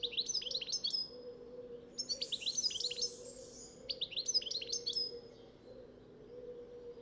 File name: Carduelis carduelis